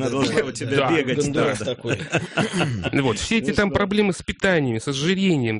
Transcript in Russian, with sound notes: Она должна у тебя бегать (все смеются)
Все эти там проблемы с питанием, с ожирением.